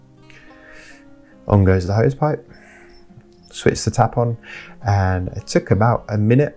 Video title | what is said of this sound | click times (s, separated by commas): Hozelock Superhoze Expanding Hose: My Honest and Brutal Review | On the end of the hose pipe, I'll connect the sprayer. That just clicks into place. | 0.3 s